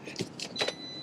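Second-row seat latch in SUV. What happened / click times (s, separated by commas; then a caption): The seat latch clicked open / 0.2 s. In a 2024 Audi SQ7, the second-row seat release lever is pushed so the seat can move forward for access to the third row, and the latch gives a sharp click at 0.2 s. Further short clacks follow around 0.4 s and 0.6–0.7 s, along with a faint steady high tone. The seat is released.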